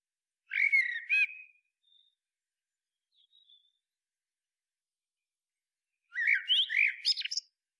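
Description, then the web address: Common blackbird giving two short warbled phrases separated by a long pause, each a fluty note run into scratchy, high twittering. Two faint thin notes fall in the quiet gap. "SETE Turdus merula"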